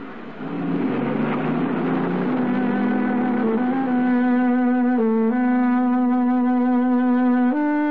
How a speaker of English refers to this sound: Surrounded by traffic, Lou Marino's taxi looks no different from any other. A few dents, some scratches, the need of a good paint job.